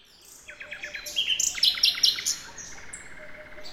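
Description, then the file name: Common nightingale song opening with a short series of repeated notes, then bright high trills and sweeps, closing with a steady rattle. "Luscinia megarhynchos"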